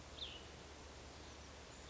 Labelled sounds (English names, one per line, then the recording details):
Cassin's Vireo
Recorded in Sonoma County, California